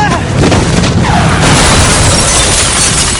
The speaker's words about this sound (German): Eine Sekunde später krachte das Fahrzeug mit voller Wucht gegen einen Baum.